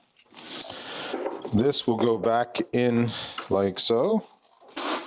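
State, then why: Seated. A plugged connector assembly is pushed back into its mounting location on a motorcycle while someone talks. A single distinct snap at 4.8 s marks the connector housing seating in its mount.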